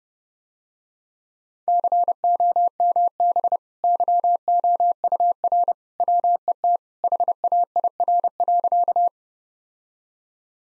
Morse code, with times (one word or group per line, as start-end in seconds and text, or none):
1.7-3.6 COMB
3.8-5.7 YOUR
6.0-6.8 WET
7.0-9.1 HAIR.